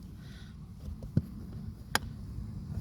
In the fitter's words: Hear it? Clicked it. There you go.